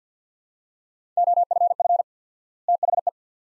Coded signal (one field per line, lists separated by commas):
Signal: Morse code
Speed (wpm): 50 wpm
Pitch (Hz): 700 Hz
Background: none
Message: OFF THE